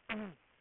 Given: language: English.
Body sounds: throat vibration sensor signal played as sound; throat clearing

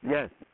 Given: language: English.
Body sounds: throat vibration sensor signal played as sound; speech

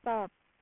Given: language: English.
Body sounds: throat vibration sensor signal played as sound; speech

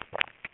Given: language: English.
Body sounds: throat vibration sensor signal played as sound; swallow

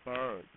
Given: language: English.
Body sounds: throat vibration sensor signal played as sound; speech

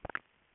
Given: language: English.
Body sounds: throat vibration sensor signal played as sound; swallow

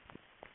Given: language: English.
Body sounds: throat vibration sensor signal played as sound; swallow

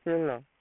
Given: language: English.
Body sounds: throat vibration sensor signal played as sound; speech

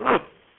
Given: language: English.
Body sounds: throat vibration sensor signal played as sound; cough

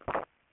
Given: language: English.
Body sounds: throat vibration sensor signal played as sound; swallow

